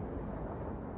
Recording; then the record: background sound without coughing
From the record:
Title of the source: Train Ride Ambience ambient white noise for sleeping, focus, studying, reading